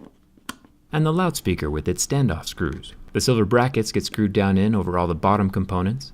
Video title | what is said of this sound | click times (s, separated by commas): Desmontando Novo iPhone xs max 2018 😲😲😲 | The SIM card tray pops into place, | 0.5 s